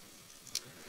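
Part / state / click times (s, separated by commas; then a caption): plastic shield into its mount on a model kit ship / seated / 0.6 s. A plastic shield from a Bandai Gundam 1/100 MG Universe Booster model kit is untabbed, brought down and pushed onto its mount on the ship. A faint tick at 0.5 s is followed by a sharp, bright plastic click at 0.6 s over low steady hiss. The shield plugs in and seats on its mount.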